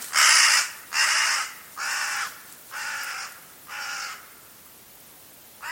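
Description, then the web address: Bird giving harsh, cawing calls, five rasping notes roughly one per second, generally growing quieter, with a further call starting at the end. "cianscape. Deverinetal 2025. Bird Only"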